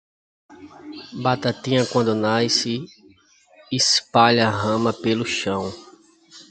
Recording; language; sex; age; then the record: short text; Brazilian Portuguese; male; 30 to 39 years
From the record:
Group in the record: control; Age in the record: 39 years